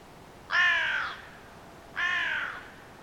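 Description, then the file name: Carrion crow cawing: two harsh, grating caws, each roughly two-thirds of a second long, roughly one and a half seconds apart, over faint background hiss. "Corvus corone"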